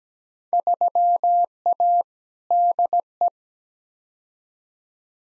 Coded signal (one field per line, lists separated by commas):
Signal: Morse code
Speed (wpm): 17 wpm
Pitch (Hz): 700 Hz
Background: none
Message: 3A DE